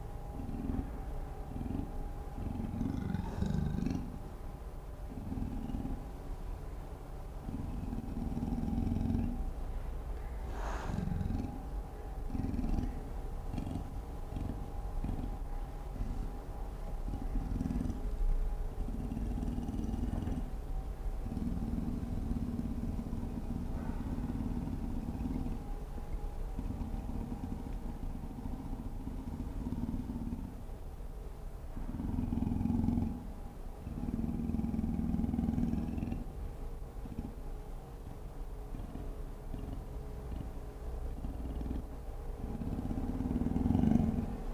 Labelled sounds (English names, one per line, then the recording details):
Leopard
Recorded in captivity
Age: adult
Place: Zoo Berlin, Berlin, DE
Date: 1959-08-21
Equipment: Reporter (Vollspur)
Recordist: TSA